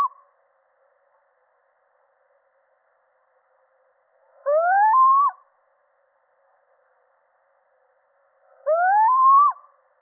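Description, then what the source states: Little owl calling twice, each rising hoot preceded by a short upward note, spaced about four seconds apart, with a faint trailing call at the very start. Male.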